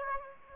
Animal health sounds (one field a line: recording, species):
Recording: mosquito wingbeat signal from an infrared sensor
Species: Aedes aegypti